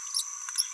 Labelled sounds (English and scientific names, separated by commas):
Green-rumped Parrotlet (Forpus passerinus) babbling